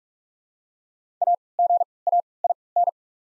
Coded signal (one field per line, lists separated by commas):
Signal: Morse code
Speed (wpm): 47 wpm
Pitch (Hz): 700 Hz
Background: none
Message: A G A I N